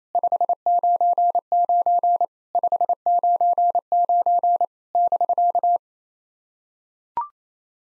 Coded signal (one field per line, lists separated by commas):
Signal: Morse code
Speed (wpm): 27 wpm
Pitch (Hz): 700 Hz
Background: none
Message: 599 599 <BK>